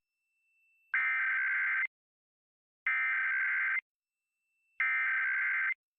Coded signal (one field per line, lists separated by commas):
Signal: Emergency Alert System (SAME) tones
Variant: header bursts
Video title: EAS HISTORY 2025 - 20 YEARS